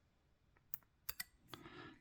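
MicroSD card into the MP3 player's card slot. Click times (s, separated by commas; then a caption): 0.7 s. A 256 GB microSD card is pushed with a dinner knife into the spring-loaded card slot of a Surfans F28 MP3 music player. A sharp, small click at 0.7 s marks the card latching fully into the slot. Two more light clicks follow at about 1.1 and 1.2 s, then a brief rustling hiss.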